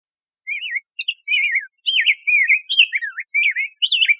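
Rose-breasted grosbeak song, a continuous flowing series of sweet, warbled, up-and-down whistled notes delivered quickly with short gaps.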